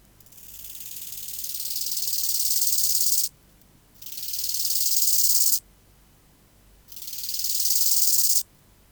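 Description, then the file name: Bow-winged grasshopper song: three high, hissing stridulation phrases, each swelling steadily louder before cutting off abruptly, with short silent gaps between. "Chorthippus biguttulus"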